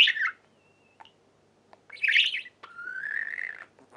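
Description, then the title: Budgerigar sounds: a squawky chirp, a scratchy burst, then a long rising whistled note. "Budgie Sounds"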